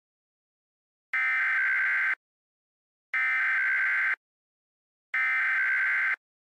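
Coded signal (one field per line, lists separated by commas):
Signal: Emergency Alert System (SAME) tones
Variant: header bursts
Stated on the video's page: Fictional EAS scenario based mostly on the film "Hard Rain."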